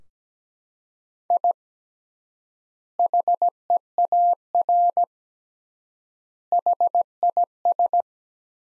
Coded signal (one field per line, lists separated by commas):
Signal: Morse code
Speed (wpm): 17 wpm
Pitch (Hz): 700 Hz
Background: none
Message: I HEAR HIS